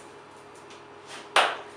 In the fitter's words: and then simply click into place